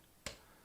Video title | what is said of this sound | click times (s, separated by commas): Honda CB350 & 125s Motorcycle Restoration | hear the click | 0.3 s